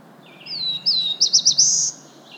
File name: Black-throated Blue Warbler - Setophaga caerulescens